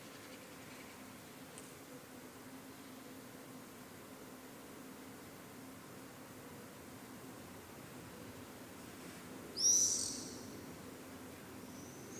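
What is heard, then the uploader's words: Morning in a city neighborhood: a steady, low hum of traffic or machinery runs throughout, even and unchanging. A faint tick comes near the start, and just before ten seconds a brief, bright high squeak or chirp rises sharply and then fades. Morning, San Gervasi. Stick phone out window at 6 AM.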